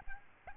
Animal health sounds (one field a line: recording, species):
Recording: mosquito wingbeat signal from an infrared sensor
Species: Aedes albopictus